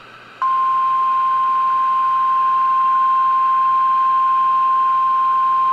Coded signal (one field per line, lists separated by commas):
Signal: Emergency Alert System (SAME) tones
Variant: 1050 Hz attention tone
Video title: April 23, 2021 EAS Compilation (EAS #2296-2311)